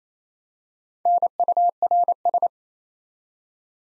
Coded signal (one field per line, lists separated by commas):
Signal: Morse code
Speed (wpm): 28 wpm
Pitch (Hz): 700 Hz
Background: none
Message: NURS